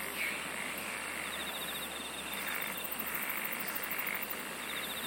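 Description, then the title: Insect chorus of a steady hissing drone, with short pulsed trills and a very high rapid ticking in the second half. "SINGING OF INSECTS"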